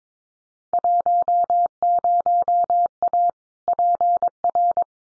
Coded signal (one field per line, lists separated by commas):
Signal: Morse code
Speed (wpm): 22 wpm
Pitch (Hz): 700 Hz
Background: none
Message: 10A PR